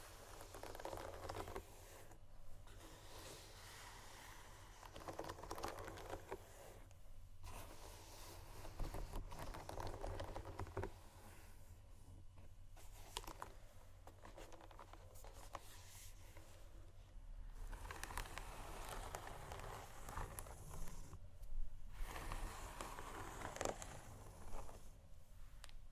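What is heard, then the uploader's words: Shoes scratching and tapping in irregular bursts, with rough scraping stretches around 2–7, 9–12, 15–19 and 21–24 seconds separated by quieter gaps. A steady low rumble runs underneath throughout, and scattered light taps punctuate the scuffing. ASMR Shoes Scratching & Tapping（No Talking）.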